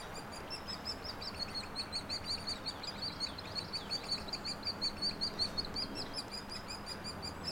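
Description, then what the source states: Hairy woodpecker calls: sharp, high buzzy notes in a fairly regular pulse, almost three per second, rising and falling in loudness, with a faint low rumble beneath. Nestlings and adults; no-name trail across from Frazer Point, Schoodic division, Acadia National Park; 26 June 2017, morning; Fostex FR2 with Sennheiser ME64; trimmed, leveled, high-pass filtered.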